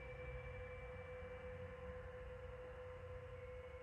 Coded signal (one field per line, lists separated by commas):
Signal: PSK31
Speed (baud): 31.25 baud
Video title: PSK31 During Winter Field Day 2025 @ 10 Watts, Ham Radio Digital Modes